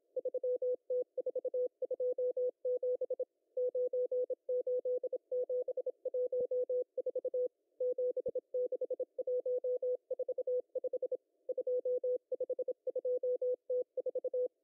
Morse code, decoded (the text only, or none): 3T427 98714 76145 252T4